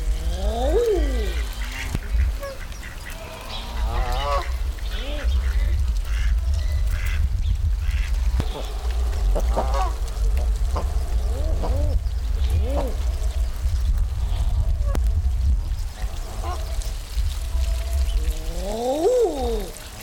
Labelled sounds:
Mallard (Anas platyrhynchos) call

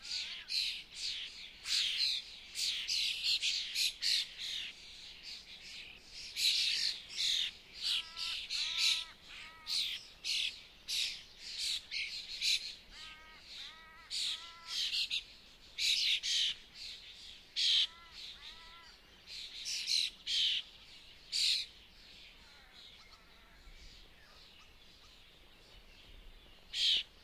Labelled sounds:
European Starling (Sturnus vulgaris) call

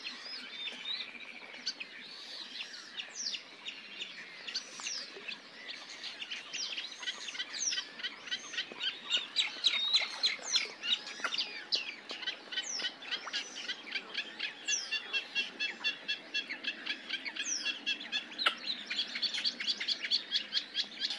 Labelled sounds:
Red-necked Grebe (Podiceps grisegena) call

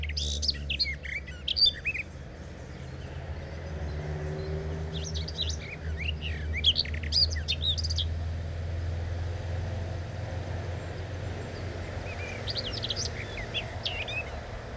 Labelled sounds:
Common Whitethroat (Sylvia communis) song

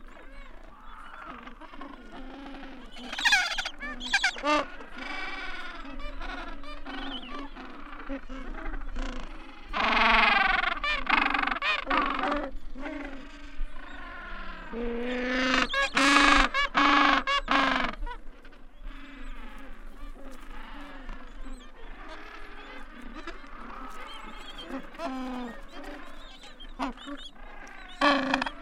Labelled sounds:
Gentoo Penguin (Pygoscelis papua) call

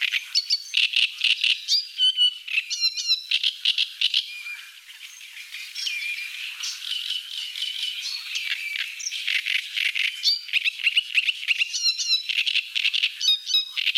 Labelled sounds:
Great Reed Warbler (Acrocephalus arundinaceus) song

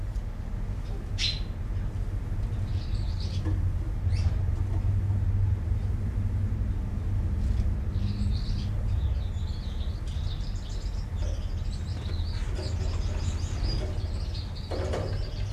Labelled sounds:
Common Chaffinch (Fringilla coelebs)

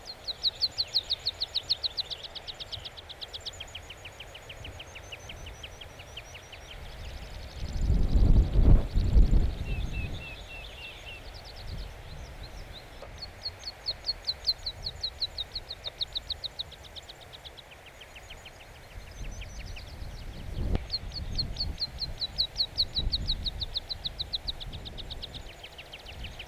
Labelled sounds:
Meadow Pipit (Anthus pratensis) song

